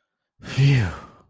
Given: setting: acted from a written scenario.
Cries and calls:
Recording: vocal sound without words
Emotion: relief

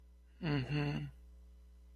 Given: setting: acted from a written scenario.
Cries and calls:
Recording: vocal sound without words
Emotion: sympathy

